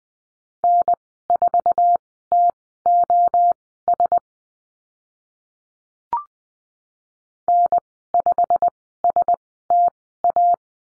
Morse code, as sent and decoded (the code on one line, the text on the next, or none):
-. ....- - --- ... / -. ..... ... - .-
N4TOS N5STA